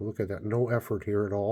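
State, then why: Not seated. A Buck Treasury folding lockback pocket knife blade is being swung open toward its locked position, where the spring-loaded lock bar engages the blade tang. Someone talks throughout the clip. Nothing has seated or clicked yet.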